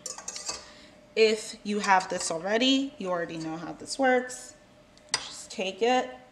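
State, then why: Not seated. Someone talks while handling a mixer attachment on its way into a stand mixer, with light metallic clinks and knocks near 0.1, 0.3 and 5.1 seconds. Nothing has seated or clicked into place yet.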